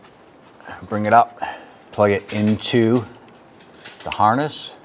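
Someone talks while bringing the coolant temperature sensor's electrical connector up to plug it into the wiring harness on a 2011-2021 Jeep Grand Cherokee 3.6L V6, with a few faint handling noises between the words. The clip ends before the connector goes home; nothing has seated or clicked yet.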